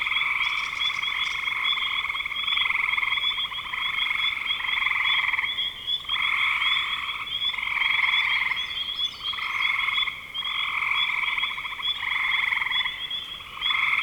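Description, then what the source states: Many frogs trilling together, pulsing calls surging and easing roughly every one to two seconds, a steady high whine running throughout. Frogs in spring 2025.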